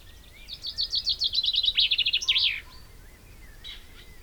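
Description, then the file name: Common chaffinch singing one full phrase, a rattling series of high notes falling in pitch, closed by an emphatic flourish; a brief faint chirp follows afterwards. "Fringilla coelebs"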